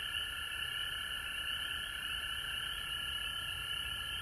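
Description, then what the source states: Frog chorus of many overlapping trilling calls forming an unbroken drone, accompanied by a steady high hiss. Recorded at home in Georgia on March 19, 2020.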